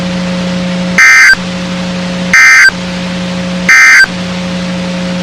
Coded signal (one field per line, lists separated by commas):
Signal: Emergency Alert System (SAME) tones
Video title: Six Severe Thunderstorm Warnings (EAS 2328-2333) 6/10/23